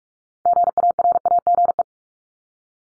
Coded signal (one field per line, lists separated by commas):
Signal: Morse code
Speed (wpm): 44 wpm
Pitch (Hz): 700 Hz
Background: none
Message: GARAGE